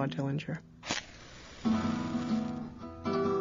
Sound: soundbite of match lighting

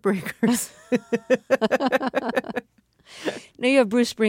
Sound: soundbite of laughter

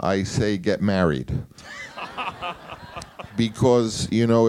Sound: soundbite of laughter

